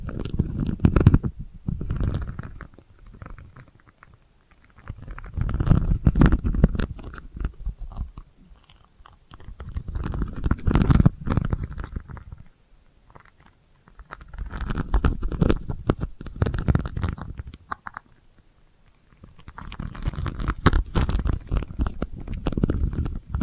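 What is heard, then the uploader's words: Delicate scratching comes in soft bursts, each lasting two or three seconds and returning roughly every five seconds, with quiet gaps between. The strokes are low and muffled with a rough, grainy texture, and sharper ticks and clicks break through now and then. ASMR Delicate Scratching for Sleep (No Talking).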